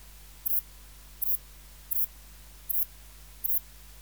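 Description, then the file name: Saddle-backed bush-cricket song of five short, two-part, high rasping chirps, evenly spaced, with a low steady hum underneath. "Ephippiger cruciger"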